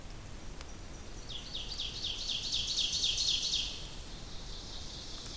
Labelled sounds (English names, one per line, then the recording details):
Ovenbird song
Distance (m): 25 m
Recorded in boreal forest in Alberta, Canada, on 2 June 2016 at 08:06
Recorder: SongMeter 3, array SBT-3-7
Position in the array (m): 259 m, 18 m
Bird 10